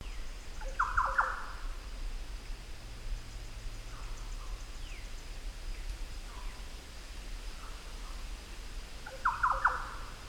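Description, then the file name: Green oriole calls: two short liquid, slightly buzzy phrases, one near the start and one near the end, over steady low rumbling background noise. "Orio Flav"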